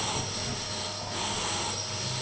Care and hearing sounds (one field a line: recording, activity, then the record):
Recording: daily activity, microphone in the room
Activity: vacuum cleaning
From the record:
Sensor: 4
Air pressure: 991.8 hPa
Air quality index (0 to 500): 113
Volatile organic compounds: 20 ppm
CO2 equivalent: 2690 ppm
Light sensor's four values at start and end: 18/59/22/22 and 18/60/22/22